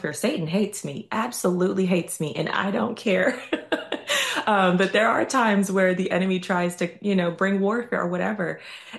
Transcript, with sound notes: Satan hates me, absolutely hates me, and I don't care. (laughs) Um, but there are times where the enemy tries to, you know, bring warfare or whatever,